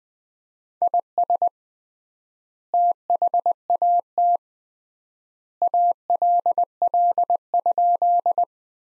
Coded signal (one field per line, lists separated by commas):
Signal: Morse code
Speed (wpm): 20 wpm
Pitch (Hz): 700 Hz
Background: none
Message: IS THAT ALL?